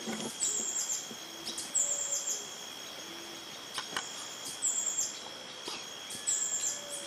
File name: Rufous throated sapphire